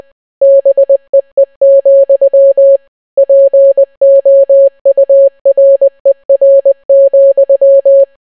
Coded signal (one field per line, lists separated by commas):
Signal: Morse code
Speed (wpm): 20 wpm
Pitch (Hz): 550 Hz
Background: none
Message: BEE, POURER,